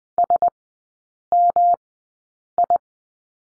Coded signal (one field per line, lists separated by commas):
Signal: Morse code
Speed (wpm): 20 wpm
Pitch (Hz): 700 Hz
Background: none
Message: SMI